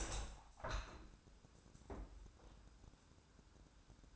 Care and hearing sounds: daily activity, microphone in the room; open window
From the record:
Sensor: 2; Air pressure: 1000.4 hPa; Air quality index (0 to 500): 124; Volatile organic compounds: 2 ppm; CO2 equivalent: 1039 ppm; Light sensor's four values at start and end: 11/31/12/14 and 12/32/12/14

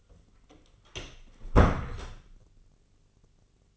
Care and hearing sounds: daily activity, microphone in the room; close door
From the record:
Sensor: 4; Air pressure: 1010.0 hPa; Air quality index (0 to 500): 188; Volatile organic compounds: 3 ppm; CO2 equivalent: 1352 ppm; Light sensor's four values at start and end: 30/73/30/31 and 32/78/32/33

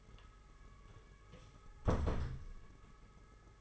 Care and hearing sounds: daily activity, microphone in the room; close door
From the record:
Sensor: 4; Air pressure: 992.4 hPa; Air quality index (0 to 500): 111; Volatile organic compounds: 19 ppm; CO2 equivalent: 2667 ppm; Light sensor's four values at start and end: 21/73/26/28 and 21/74/27/28

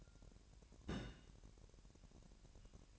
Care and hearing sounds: daily activity, microphone in the room; place on stove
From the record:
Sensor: 2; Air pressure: 1011.9 hPa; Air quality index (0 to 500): 195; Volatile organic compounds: 3 ppm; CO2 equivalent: 1386 ppm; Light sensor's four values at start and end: 75/179/74/72 and 75/179/74/72

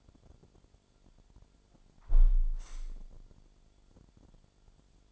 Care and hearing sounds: daily activity, microphone in the room; close window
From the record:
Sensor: 5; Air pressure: 1006.5 hPa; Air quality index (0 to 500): 180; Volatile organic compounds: 5 ppm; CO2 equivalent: 1720 ppm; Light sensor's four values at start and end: 57/161/63/64 and 57/161/63/64

